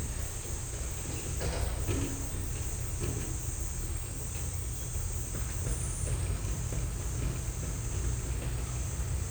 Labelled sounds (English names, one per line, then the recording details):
none
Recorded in dense forest near Puerto Asís, Putumayo, Colombia, on 16 December 2024 at 12:30
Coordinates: 0.467, -76.328
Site GP05